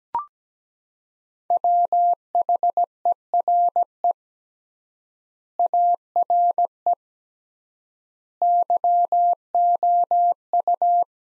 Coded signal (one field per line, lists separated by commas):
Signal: Morse code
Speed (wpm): 17 wpm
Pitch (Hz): 700 Hz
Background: none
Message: WHERE ARE YOU